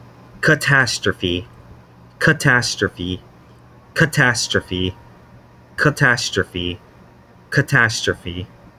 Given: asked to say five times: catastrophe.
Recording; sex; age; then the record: repeated word; male; 20 to 29 years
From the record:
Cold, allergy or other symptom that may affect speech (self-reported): no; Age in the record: 21 years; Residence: Florida, United States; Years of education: 12